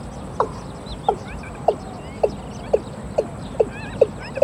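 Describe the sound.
Watercock calling with short sharp notes in a quickening series, faint chirps of other birds in the background.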